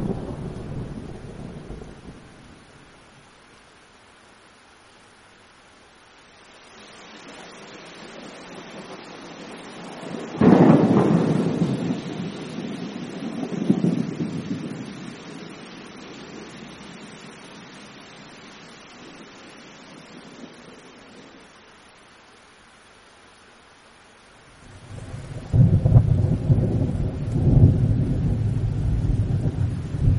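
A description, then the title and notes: A heavy thunderstorm with deep, rolling thunder: a low rumble fades out in the first seconds, a sharp crack near ten seconds swells and rolls on, and another loud peal breaks in around twenty-five seconds. Between the rumbles, a soft hiss of rain fills the quieter stretches. Heavy Thunderstorm Sounds _ Thunder & Lightning _ Relaxing Rain.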